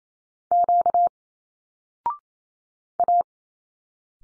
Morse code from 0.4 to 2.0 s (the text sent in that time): Q